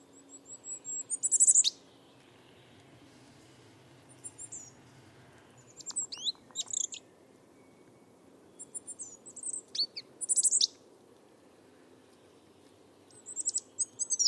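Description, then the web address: Bird giving very high squeaky chirping calls in short clustered bursts, repeated every few seconds, with a soft low background hum. "cianscape. Deverinetal 2025. Bird Only"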